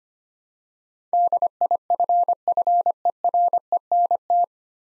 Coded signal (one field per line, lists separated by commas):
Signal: Morse code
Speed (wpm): 25 wpm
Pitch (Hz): 700 Hz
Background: none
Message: DIFFERENT